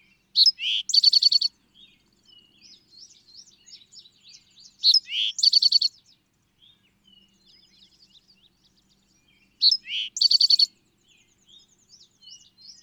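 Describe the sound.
Bird song phrases repeated about every five seconds, each a rising note and a rapid bright rattle of notes, with soft scratchy twittering filling the gaps.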